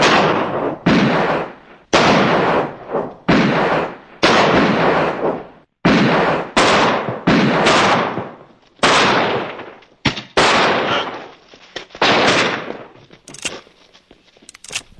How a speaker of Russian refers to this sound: Стрельба по черепам, как в тире. Огонь!